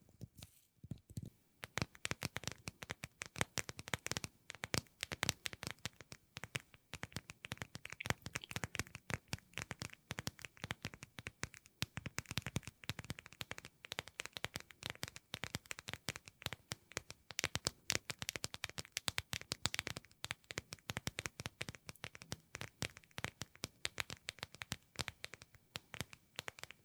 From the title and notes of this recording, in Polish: ASMR Tapping Dźwięki uderzania paznokciami.